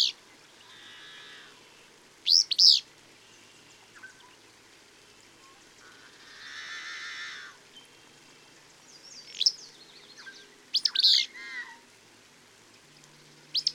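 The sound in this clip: Bird song: sharp high chirped phrases recur, mixed with softer warbling, and a double burst late.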